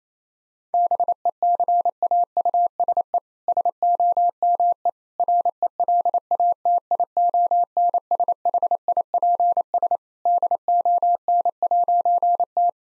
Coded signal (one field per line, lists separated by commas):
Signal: Morse code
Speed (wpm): 27 wpm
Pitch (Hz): 700 Hz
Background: none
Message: BECAUSE SOME RELATIONSHIPS DON'T